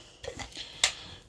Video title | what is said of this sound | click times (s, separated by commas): First prosthetic | yeah right now I got it in three clicks and then | 0.2 s, 0.5 s, 0.8 s